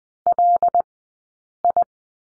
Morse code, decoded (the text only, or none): LI